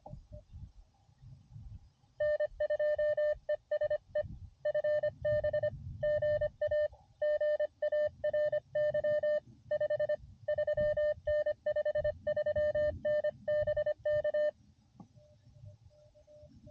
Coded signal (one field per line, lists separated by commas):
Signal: Morse code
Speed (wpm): 24 wpm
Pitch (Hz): 590 Hz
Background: none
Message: N2ESE FB GA GARY 53N 53N BK